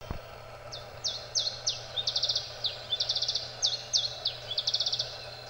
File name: iberischer zilpzalp